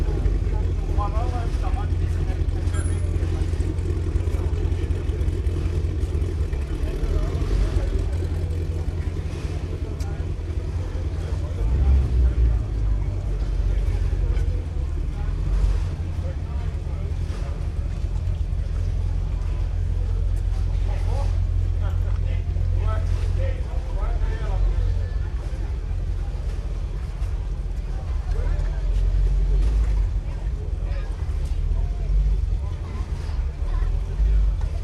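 Day trippers amble along the waterfront at Nagu Strandvagen, their voices a steady murmur of overlapping chatter. A constant low rumble, like an idling engine or boat motor, runs underneath throughout, with scattered brief clinks and footsteps rising now and then.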